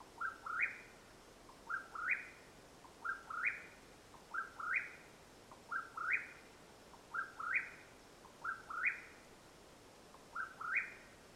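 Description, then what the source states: Mexican whip-poor-will repeating its burry three-part song, a short low note then a rising phrase, about every one and a half seconds, eight times over a quiet background. Calling at nightfall, Madera Canyon, Arizona, USA, 21 April 2022.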